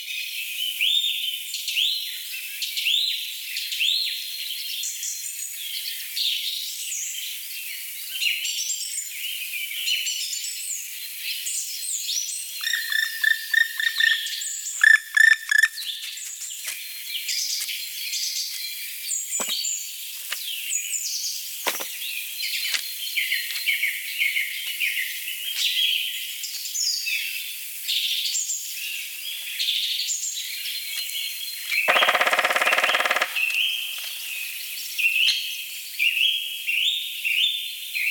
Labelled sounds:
Black Woodpecker (Dryocopus martius)
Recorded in the wild
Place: Jägerhof / Breisach am Kaiserstuhl, Baden-Württemberg, DE
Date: 1985-03-10
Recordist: Schwarz, Dieter

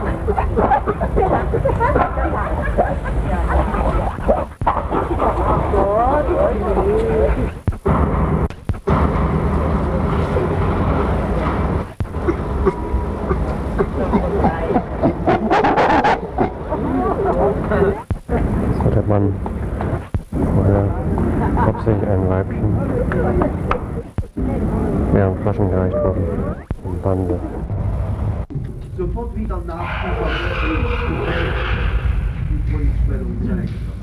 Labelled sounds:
Chimpanzee (Pan troglodytes)
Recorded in captivity
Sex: group
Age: diverse
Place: Zoo Dresden, Sachsen, DE
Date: 1961-10-27
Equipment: Minifon, Kopie Smaragd
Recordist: Tembrock, Günter
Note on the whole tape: Laute der Mutter, des Jungen "Fips" (3 Jahre) und des Vaters bei der Fütterung durch den Wärter (27.10.1961). Imponieren des Männchens nach Betreten des Innenraumes morgens gegen 9.30 Uhr am 29.10.1961. Abstand 4 bis 8 m

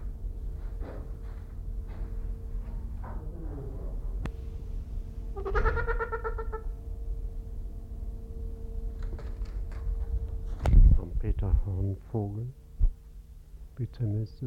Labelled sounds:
Trumpeter Hornbill (Bycanistes bucinator) call
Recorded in captivity
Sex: pair
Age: adult
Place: Zoo Berlin, Berlin, DE
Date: 1994-10-01 12:52
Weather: wolkig (Regen)-heiter, 12°C
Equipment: Marantz CP 430, Sennheiser ME 80, Kopie Uher Variocord 263
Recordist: Tembrock, Günter

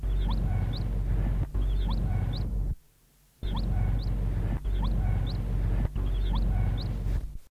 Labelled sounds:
Crestless Fireback (Lophura erythrophthalma) call
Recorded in captivity
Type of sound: call
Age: immature
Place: Vogelpark Walsrode, Niedersachsen, DE
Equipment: Halbspur, 9,5 cm/s
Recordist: Lütgens, Hans
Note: 3-tägiges

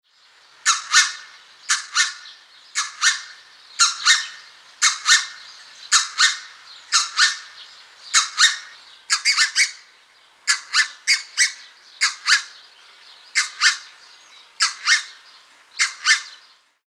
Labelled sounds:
Red-breasted Goose (Branta ruficollis)
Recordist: Tembrock, Günter
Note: Hauptrufe

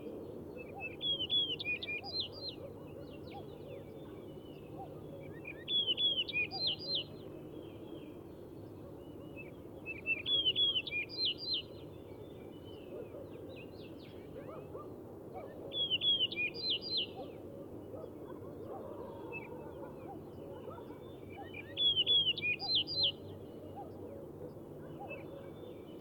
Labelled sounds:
Yellow-breasted Bunting (Emberiza aureola) song
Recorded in the wild
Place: Ulan Bator, MN
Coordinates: 47.886, 106.906
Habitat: Park
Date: 1979-06-08 04:20
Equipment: Nagra III BH, Sennheiser MD 21, parabola
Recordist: Schubert, Michael

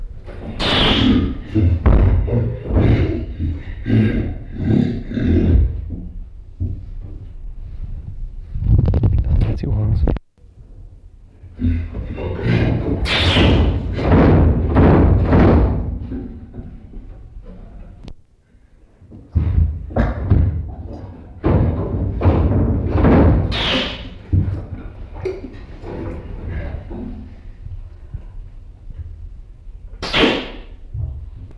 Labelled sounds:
Chimpanzee (Pan troglodytes)
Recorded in captivity
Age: adult
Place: Zoo Leipzig, Sachsen, DE
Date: 1965-03-26 17:45
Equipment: Magnetophon 300, Transistorverstärker, Sennheiser MD 421
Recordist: Tembrock, Günter

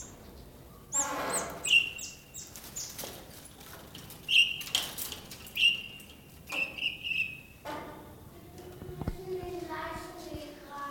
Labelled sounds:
Golden-breasted Starling (Lamprotornis regius) call
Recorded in captivity
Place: Zoo Berlin, Berlin, DE
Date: 1997-01-18 12:46
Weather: bedeckt, -1°C
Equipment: Nagra SN, Kopie Uher 4000 Report Monitor
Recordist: Tembrock, Günter

